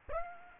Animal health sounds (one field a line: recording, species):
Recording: mosquito wingbeat signal from an infrared sensor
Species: Aedes aegypti